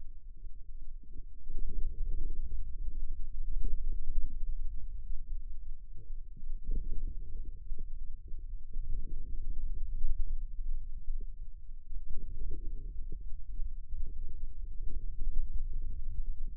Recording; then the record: forearm muscle sounds (acoustic myography)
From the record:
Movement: radial deviation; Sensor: system 2, bracelet of six BSWA MPA416 microphones around the upper forearm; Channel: 5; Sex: male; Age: 22 years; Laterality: right